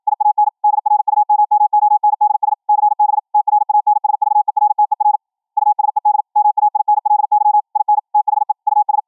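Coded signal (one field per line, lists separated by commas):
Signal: Morse code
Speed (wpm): 53 wpm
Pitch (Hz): 840 Hz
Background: none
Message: IAN DRUMMONDS CB TRANSVERTER USED MAINLY IN THE US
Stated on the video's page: QRQ CW at 21 kHz VLF, generated by a Raspberry Pi 4 audio output into a tuned large ferrite rod antenna, received by a laptop sound-card SDR.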